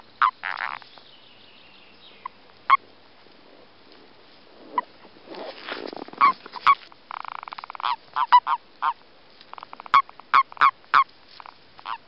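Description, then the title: Common toad mating calls: short croaking notes in loose, irregular bursts, with a patch of noise midway. Common toad recorded during breeding. "Reproduction du Crapaud commun"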